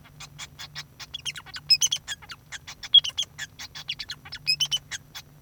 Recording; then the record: song of a male Bengalese finch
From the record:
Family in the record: son of father 2